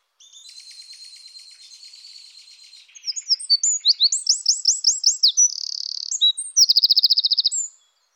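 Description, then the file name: Eurasian wren song, a long, loud, very high run of fast trills, sweeping notes and buzzy rattles, starting softly and building to a bright closing trill. "troglodyte"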